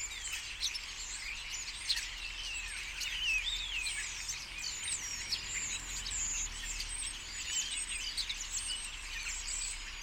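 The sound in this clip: Common starling flock noise: overlapping whistled notes and twittering clicks form a steady chatter.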